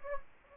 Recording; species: mosquito wingbeat signal from an infrared sensor; Anopheles gambiae